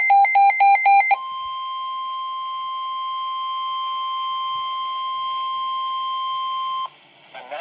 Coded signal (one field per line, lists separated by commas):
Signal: Emergency Alert System (SAME) tones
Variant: 1050 Hz attention tone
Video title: NOAA Weather Radio - Severe Thunderstorm Warning EAS #3 (7/28/25)